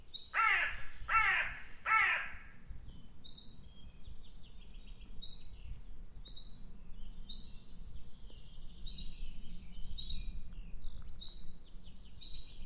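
Bird opens with three rapid, rough caws, then thin, high whistled notes repeated every second or so over a soft rumble.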